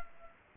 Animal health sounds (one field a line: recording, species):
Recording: mosquito wingbeat signal from an infrared sensor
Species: Culex pipiens